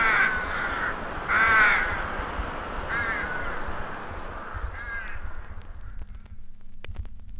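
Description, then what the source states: Crow cawing, harsh caws in a loose series of several calls, fading later. Part of a graveyard atmosphere horror soundscape; taken from vinyl.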